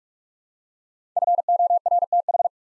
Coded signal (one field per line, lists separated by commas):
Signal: Morse code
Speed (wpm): 44 wpm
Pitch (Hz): 700 Hz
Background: none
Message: FORTH